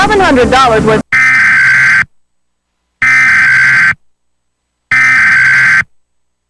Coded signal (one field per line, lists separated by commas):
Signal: Emergency Alert System (SAME) tones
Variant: header bursts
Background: speech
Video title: EAS 1986: Non-human biologics. Sedona, AZ